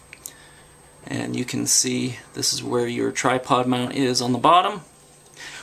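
The plastic battery and card compartment lid on the bottom of a Canon G7 X compact camera is closed right after the SD card is inserted, with sharp clicks at 0.1 s and 0.3 s. The lid snaps shut and latches, and then someone talks.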